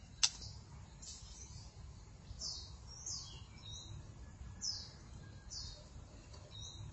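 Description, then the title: Magpie-robin or shama song: a series of high, thin whistled notes, many slurring downward, over a low background hiss. "Suara Burung Murai"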